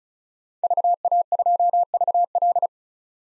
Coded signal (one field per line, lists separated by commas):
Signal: Morse code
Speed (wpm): 34 wpm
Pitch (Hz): 700 Hz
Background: none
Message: VA2VL